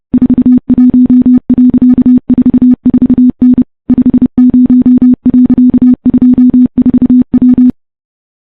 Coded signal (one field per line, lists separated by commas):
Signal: Morse code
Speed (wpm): 30 wpm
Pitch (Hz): 250 Hz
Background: none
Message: 41.44N 50.24W